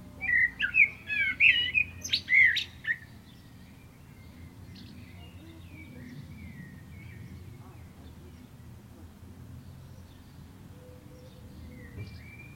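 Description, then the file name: Common blackbird sings one short phrase of rich, warbled whistles with a scratchy high flourish, followed by a long stretch of quiet background. "Turdus merula"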